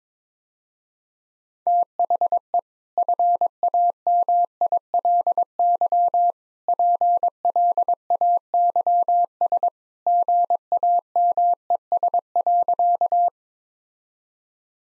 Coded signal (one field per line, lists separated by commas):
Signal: Morse code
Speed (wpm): 21 wpm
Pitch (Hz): 700 Hz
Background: none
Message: THE FAMILY PLAYS GAMES.